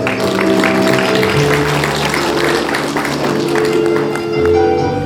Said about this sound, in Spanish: Fuertes los aplausos, por favor.